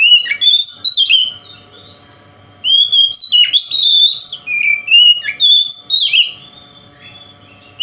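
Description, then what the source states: Oriental magpie-robin singing rapid, jumbled whistles and slurred notes in two bursts, each note bending up or down, over a low constant hum. Singing in the 'konslet' song style, said to affect other magpie-robins.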